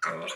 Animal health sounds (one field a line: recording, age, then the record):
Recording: pig call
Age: piglet (1 to 25 days)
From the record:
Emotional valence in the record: negative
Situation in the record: restrain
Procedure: in the arms of a person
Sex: male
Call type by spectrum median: low-frequency call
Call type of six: low-frequency stable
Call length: 0.37 s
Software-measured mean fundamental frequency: 59 Hz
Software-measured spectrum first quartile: 1004 Hz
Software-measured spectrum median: 1443 Hz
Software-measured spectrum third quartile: 2492 Hz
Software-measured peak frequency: 1311 Hz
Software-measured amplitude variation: 110 dB a second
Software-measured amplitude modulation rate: 23.1 a second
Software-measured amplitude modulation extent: 4.8 dB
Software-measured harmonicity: 3.5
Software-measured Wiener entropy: -1.34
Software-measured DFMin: 600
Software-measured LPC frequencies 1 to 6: 618, 1326, 1937, 3256, 4395, 5670 Hz